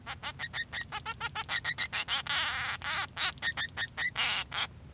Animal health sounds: song of a male Bengalese finch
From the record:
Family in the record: son of father 3

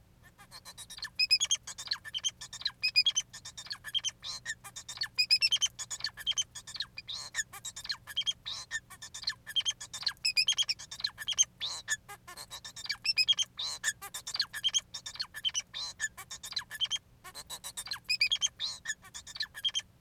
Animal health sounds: song of a male Bengalese finch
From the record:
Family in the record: son of father 4

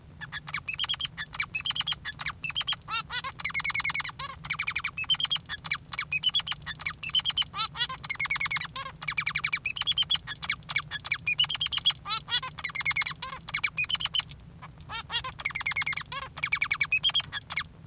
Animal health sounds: song of a male Bengalese finch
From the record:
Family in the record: father 3

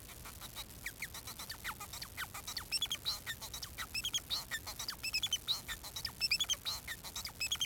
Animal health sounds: song of a male Bengalese finch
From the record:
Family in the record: son of father 4

